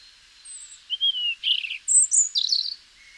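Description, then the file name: European robin song phrase: a thin high whistle, a longer slightly falling note, then quick high warbled notes and twitters, the whole phrase about two seconds long. "Erithacus rubecula"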